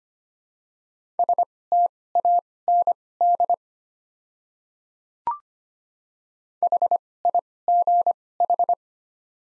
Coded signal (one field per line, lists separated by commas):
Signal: Morse code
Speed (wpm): 25 wpm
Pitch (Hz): 700 Hz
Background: none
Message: STAND HIGH